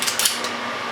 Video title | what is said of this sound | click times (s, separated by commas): Analogue Darkroom part 1 | until it clicks and that will allow you to pull the reel off | 0.2 s, 0.3 s